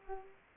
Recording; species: mosquito wingbeat signal from an infrared sensor; Culex pipiens